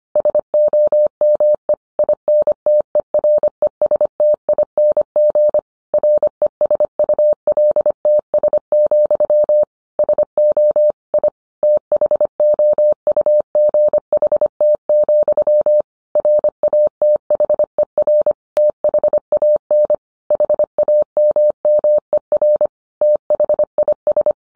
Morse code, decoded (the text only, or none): SOME INTERESTING RESULTS, SO I THOUGHT, RATHER THAN HAMMER THIS